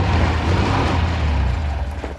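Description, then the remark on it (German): A car engine rumbles steadily with a deep, low drone under a broad wash of noise as the car is driven toward a man across railway tracks, holding an even loudness for a couple of seconds before easing slightly at the end. “Ohne zu denken, drückte ich auf den Anlasser, schaltete und fuhr auf ihn zu.”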